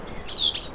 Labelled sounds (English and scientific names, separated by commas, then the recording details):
Stitchbird (Notiomystis cincta) song
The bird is a male
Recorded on Tiritiri Matangi Island, New Zealand, in 2005
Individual 9, of nest box 11